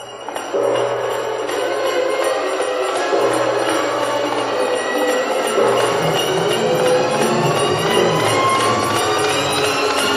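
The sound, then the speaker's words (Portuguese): A large clock strikes its final chimes, heavy ringing tones sounding at a slow, steady pace within a loud, dense wash of sound, each stroke blending into the next. “Conforme a fada havia dito, quando o grande relógio acabou de dar a última badalada, desfez-se o encanto e tudo voltou a ser o que era antes.”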